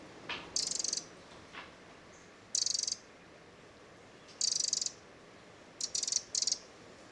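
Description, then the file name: Eurasian wren with buzzy, high rattling calls in bursts, the last broken into three quick pieces; a couple of fainter lower notes early on. "Troglodytes troglodytes"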